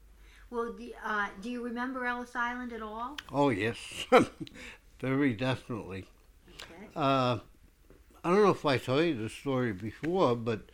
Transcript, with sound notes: Well, uh, do you remember Ellis Island at all? ( he laughs )
Very definitely. Uh, I don't know if I told you this story before, but